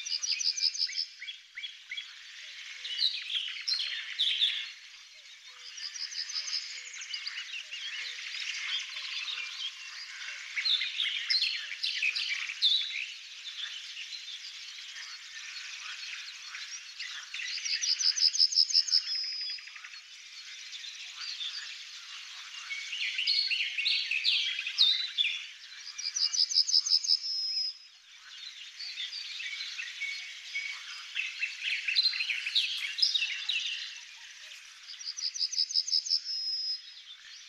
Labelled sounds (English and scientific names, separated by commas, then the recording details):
Barred Warbler (Sylvia nisoria) song
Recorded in the wild
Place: Pripyatskiy NP, BY
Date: 2005-05-27
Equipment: Minidisc Sony MZ-R35, Telinga DAT, Telinga-Parabolspiegel
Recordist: Schwarz, Dieter